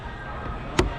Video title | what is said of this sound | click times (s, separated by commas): How to replace sunroof guides ford f150 | give it a squeeze till it pops into place | 0.8 s